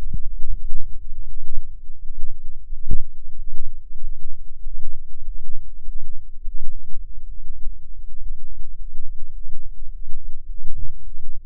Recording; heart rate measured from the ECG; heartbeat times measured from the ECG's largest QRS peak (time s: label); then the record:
heart sounds by microphone in the left ear; 97 bpm
0.43 s: heartbeat
1.20 s: heartbeat
1.94 s: heartbeat
2.63 s: heartbeat
3.30 s: heartbeat
3.95 s: heartbeat
4.57 s: heartbeat
5.19 s: heartbeat
5.79 s: heartbeat
6.38 s: heartbeat
6.97 s: heartbeat
7.57 s: heartbeat
8.15 s: heartbeat
8.72 s: heartbeat
9.29 s: heartbeat
9.86 s: heartbeat
10.42 s: heartbeat
10.98 s: heartbeat
From the record:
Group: healthy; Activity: Valsalva maneuver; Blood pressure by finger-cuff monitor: 66/51 mmHg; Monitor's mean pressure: 58 mmHg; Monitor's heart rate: 98 bpm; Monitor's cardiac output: 6.2 L/min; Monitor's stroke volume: 72 mL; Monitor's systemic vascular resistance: 440 dyn s/cm5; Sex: male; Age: 23 years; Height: 178 cm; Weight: 96.6 kg